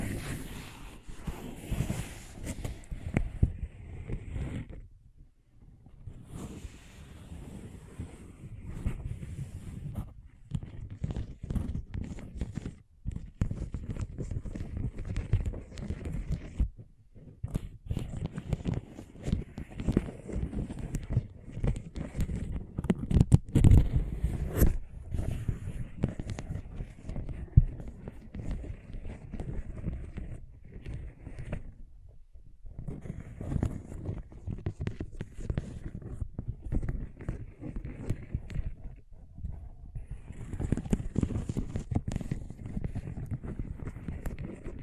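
Scratching and tracing sounds run in dense, rough strokes, mostly low and gritty with some brighter scraping on top. The strokes come in bursts separated by brief silences, near 5, 13, 17, 24, 32 and 37 seconds, with one sharp tick around 24 seconds.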